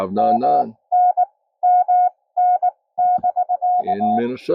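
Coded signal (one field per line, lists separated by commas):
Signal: Morse code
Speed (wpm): 20 wpm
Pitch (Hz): 690 Hz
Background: speech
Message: MN MN<BK>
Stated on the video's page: Parks On The Air activation at a national wildlife refuge.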